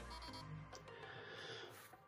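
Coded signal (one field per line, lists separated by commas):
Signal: beep code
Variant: airsoft electronic trigger board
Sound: three quick high beeps, then rustling, clicks and handling noise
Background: handling noise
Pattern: 3 short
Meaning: The board has powered up and is ready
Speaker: a pena temos um bom sinal aí na verdade tivemos três sinais aí né a placa emitiu ali três vídeos né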